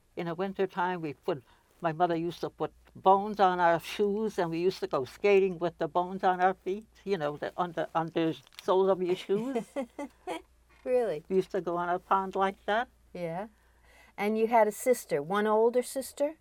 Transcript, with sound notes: In the winter time we'd put — my mother used to put bones on our shoes, and we used to go skating with the bones on our feet, you know, on the soles of your shoes.
[Laughs] Really?
We used to go on a pond like that.
And you had a sister — one older sister?